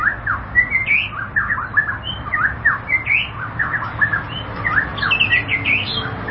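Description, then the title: White-rumped shama song, a continuous stream of quick varied chirps and slurred whistled notes, loud and lively, with low hum beneath. "Kicau Murai Batu"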